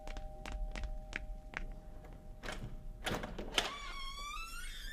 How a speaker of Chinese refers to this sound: 开门去。